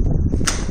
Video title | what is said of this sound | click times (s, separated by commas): Zest 4 Toyz Musical Pram Cum Baby Stroller | Put it in the hole and press until you hear a click sound. | 0.5 s